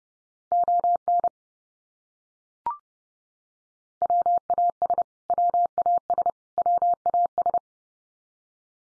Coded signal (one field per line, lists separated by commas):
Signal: Morse code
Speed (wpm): 30 wpm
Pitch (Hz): 700 Hz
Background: none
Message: ON WAS WAS WAS